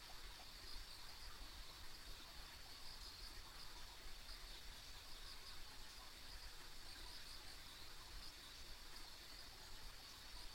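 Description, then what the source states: Insects keep up a continuous high-pitched chorus over a low background rumble. Ambient insect sounds on a country road.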